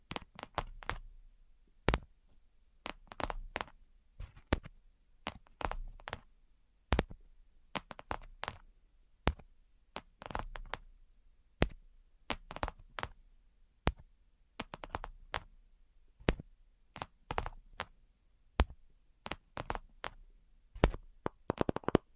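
Tapping for a tingle treatment, with no talking: sharp, crisp taps and knocks land in loose clusters, sometimes single, sometimes in quick runs of two or three. Quiet gaps fall between them, and a faster flurry of taps closes the clip.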